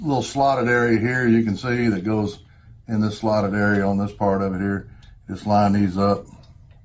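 A plastic power cap is lined up with the slotted area on the UV lamp bulb of a water disinfection system while someone talks throughout. The cap is handled into position but nothing has seated or clicked onto the lamp pins yet.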